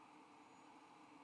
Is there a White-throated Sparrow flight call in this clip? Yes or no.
no